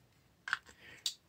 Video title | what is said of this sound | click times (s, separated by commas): Starlink: Battle for Atlantis Unboxing (for Nintendo Switch) | it up and until it snaps yeah it just kind of lightly snaps in | 1.1 s